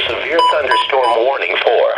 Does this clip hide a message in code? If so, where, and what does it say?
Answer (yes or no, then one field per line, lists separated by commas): no